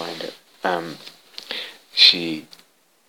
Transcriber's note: shuffles papers